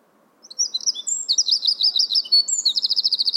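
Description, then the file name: Eurasian wren song starting after a brief silence, with rapid high-pitched warbles and chattering phrases that run into a fast, even trill at the end. "Troglodytes troglodytes"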